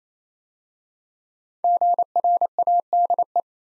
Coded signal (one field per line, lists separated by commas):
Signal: Morse code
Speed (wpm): 27 wpm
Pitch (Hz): 700 Hz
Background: none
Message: GRADE